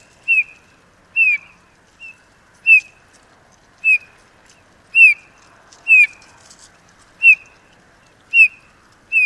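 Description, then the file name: Eurasian bullfinch calling with short, mellow descending piping notes, about one per second, clear over a quiet background. "Pyrrhula pyrrhula"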